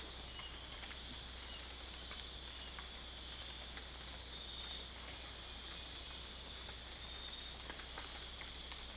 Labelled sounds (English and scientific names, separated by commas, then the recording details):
none
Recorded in dense forest near Puerto Asís, Putumayo, Colombia, on 20 December 2024 at 03:30
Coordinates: 0.485, -76.318
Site GP03